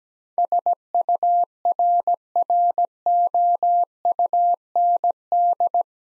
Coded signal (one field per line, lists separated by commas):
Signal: Morse code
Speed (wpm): 17 wpm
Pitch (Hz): 700 Hz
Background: none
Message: SURROUND